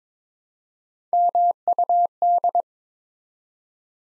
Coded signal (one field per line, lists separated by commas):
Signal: Morse code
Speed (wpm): 22 wpm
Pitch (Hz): 700 Hz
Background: none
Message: MUD